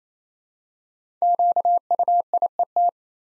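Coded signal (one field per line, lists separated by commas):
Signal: Morse code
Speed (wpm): 27 wpm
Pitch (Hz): 700 Hz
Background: none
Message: QUIET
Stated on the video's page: Morse practice at 28 wpm: five-letter words, first letters spoken, each word sent twice for head-copy training.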